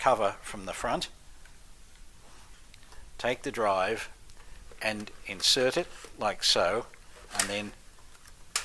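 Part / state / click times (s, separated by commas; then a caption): DVD drive into case drive bay / seated / 8.6 s. A DVD drive is inserted from the front into the case drive bay and pressed home while someone talks. A sharp click at 8.6 s marks it seating in the bay.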